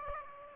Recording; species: mosquito wingbeat signal from an infrared sensor; Aedes aegypti